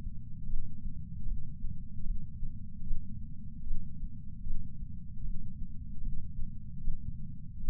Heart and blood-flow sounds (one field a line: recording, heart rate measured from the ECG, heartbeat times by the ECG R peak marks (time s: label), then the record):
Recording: heart sounds by patch sensor on the chest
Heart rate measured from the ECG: 76 bpm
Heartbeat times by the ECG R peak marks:
0.47 s: heartbeat
1.26 s: heartbeat
2.04 s: heartbeat
2.85 s: heartbeat
3.64 s: heartbeat
4.44 s: heartbeat
5.23 s: heartbeat
6.01 s: heartbeat
6.82 s: heartbeat
7.61 s: heartbeat
From the record:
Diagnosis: coronary artery disease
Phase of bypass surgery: postoperative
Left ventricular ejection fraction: 60%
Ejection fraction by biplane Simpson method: 54%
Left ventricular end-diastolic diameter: 47 mm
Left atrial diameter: 39 mm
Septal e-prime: 8.6 cm/s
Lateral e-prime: 7.5 cm/s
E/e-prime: 10.3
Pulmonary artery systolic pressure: 24 mmHg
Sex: male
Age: 75 years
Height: 168 cm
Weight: 74 kg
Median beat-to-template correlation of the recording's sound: 0.84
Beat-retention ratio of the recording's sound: 0.99